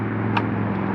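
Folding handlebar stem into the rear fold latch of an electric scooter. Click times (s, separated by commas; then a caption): 0.4 s. The folding handlebar stem of a Ducati Pro-III-R electric scooter is lowered and clips into the fold latch at the rear of the scooter, giving a single sharp click at 0.4 s over a steady low hum. The stem is seated in the latch.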